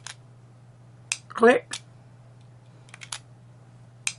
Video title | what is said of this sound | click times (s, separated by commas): Episode 251 Huashilai 2210 | you hear that click so | 4.1 s